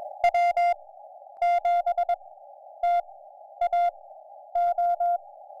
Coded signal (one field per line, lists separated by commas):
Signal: Morse code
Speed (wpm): 21 wpm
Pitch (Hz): 700 Hz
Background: music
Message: W7TAO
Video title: QMX radio finally fixed! Real life activation on Kagel Mountain | Summits on the Air